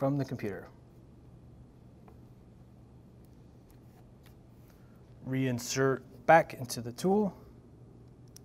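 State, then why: Seated. Someone talks while an SD memory card is put back into the card holder of an Atlas Copco LRT wireless tightening tool during an update, and there are faint small ticks in the quiet stretch between the speech. The card is pushed in until it seats with a sharp click at 8.4 s.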